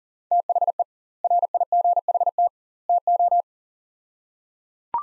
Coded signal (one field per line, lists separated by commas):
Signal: Morse code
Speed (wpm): 37 wpm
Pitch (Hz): 700 Hz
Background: none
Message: THE RIGHT TO